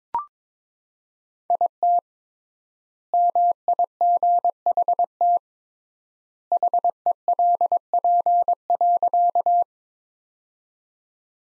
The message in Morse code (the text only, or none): IT MIGHT HELP.